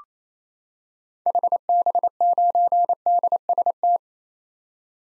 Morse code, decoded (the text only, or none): HB9DST